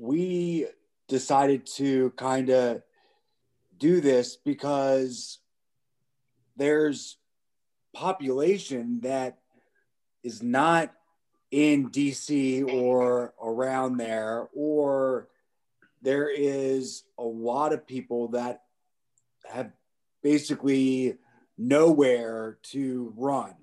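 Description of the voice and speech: Halting speech from an adult man with aphasia after a stroke, with long pauses, drawn-out fillers and broken phrasing.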